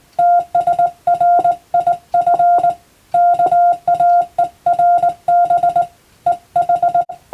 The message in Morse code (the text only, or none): TSRIF KAERB EH